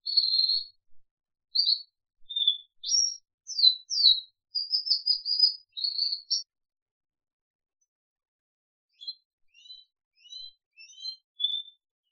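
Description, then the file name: Crested canary singing a run of high chirps, sweet whistles and brief trills, then a silent gap before softer scattered notes return. "audio kenari jambul"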